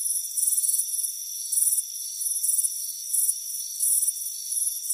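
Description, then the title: Crickets chirping in uneven high-pitched bursts, some longer trills among shorter chirps, over a steady shrill hum. Crickets chirping on a warm afternoon by a front porch. "Soothing Crickets Chirping Sound"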